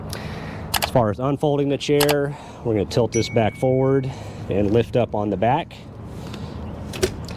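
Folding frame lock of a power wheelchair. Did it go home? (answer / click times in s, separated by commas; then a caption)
yes / 7.0 s. Someone talks while a folded Jazzy Carbon lightweight power wheelchair is unfolded by tilting its back forward and lifting up on the back, followed by handling noises. A sharp hit at 7.0 s marks the folding frame lock engaging, and the frame locks open.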